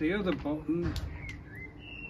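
Someone talks while handling a Maver MV-R X2 Double Pole Roller, pressing the release button before folding in a roller leg so it can lock into the frame for transit. Faint high chirps are heard in the background. The leg has not yet clicked or locked into place.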